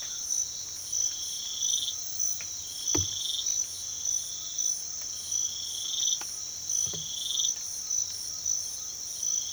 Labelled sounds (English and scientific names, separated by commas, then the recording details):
none
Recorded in pastures near Puerto Asís, Putumayo, Colombia, on 24 March 2025 at 05:30
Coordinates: 0.487, -76.322
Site G077